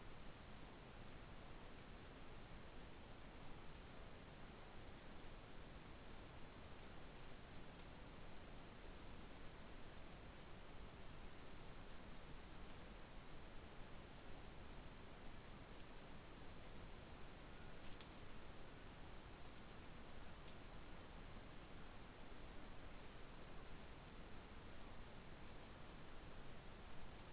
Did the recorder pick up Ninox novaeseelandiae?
no